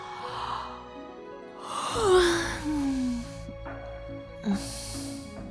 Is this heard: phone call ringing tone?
no